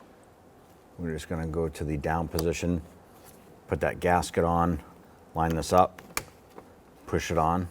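A man talks while a plastic window crank handle for a 2005–2021 Nissan Frontier door, with its gasket and retaining clip, is set to the down position, lined up and pushed onto the door window regulator shaft. A faint tick is heard near 6.6 s, but nothing has seated or clicked yet; the clip ends just before the handle goes home.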